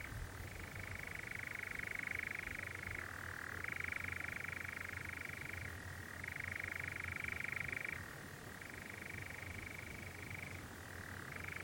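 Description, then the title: European Nightjar churring without pause, its dry purring trill stepping up and down in pitch several times, steady low background noise beneath. Nocturnal bird churring on a warm June evening on a hill in the Brecon Beacons, on a summer's night. "Sound Escape 20: the mesmerising churring of a nightjar on a summer's night"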